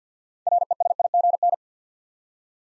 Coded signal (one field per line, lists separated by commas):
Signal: Morse code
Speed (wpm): 48 wpm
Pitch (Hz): 700 Hz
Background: none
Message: RESIGN